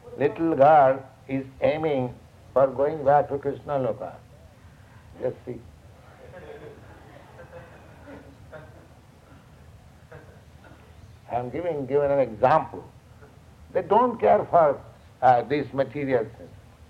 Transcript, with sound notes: little girl, is aiming for going back to Kṛṣṇaloka. Just see. [laughter] I am giving an example. They don't care for this material senses.